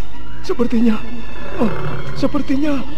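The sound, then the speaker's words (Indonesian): A black panther in a small forest roars and snarls in a few loud, throaty bursts, each growl swelling and bending in pitch before trailing off, with brief pauses between them. “Sepertinya macan kumbang.”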